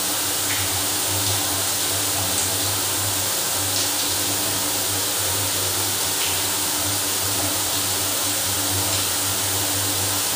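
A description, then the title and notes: A hot shower runs in a luxury hotel in San Antonio, a steady, dense hiss of falling water that stays even throughout. A low hum sits underneath, and faint brief splashes or taps rise above the spray every second or two. Hot shower in a luxury hotel in San Antonio.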